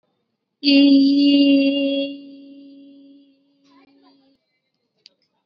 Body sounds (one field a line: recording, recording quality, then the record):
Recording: sustained vowel as in beet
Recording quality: excellent, no background noise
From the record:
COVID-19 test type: RT-PCR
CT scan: not taken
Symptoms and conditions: none ticked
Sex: female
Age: 20 years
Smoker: no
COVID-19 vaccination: both doses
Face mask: worn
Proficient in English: yes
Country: India